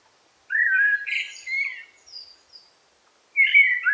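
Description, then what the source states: Eurasian blackbird song: a mellow whistled phrase followed by scratchy high twitters, a pause, then a new phrase begins at the end. Recorded in a forest on 8 July 2018.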